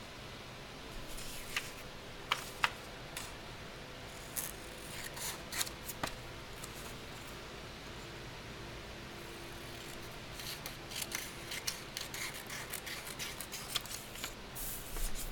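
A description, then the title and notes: Crisp snips of cutting sound, with a few isolated clicks early on, then a denser run of snipping and light rustling in the last five seconds. A soft, steady hum sits underneath throughout. ASMR soundscape triggers candle dressing, shuffling, and cutting sounds.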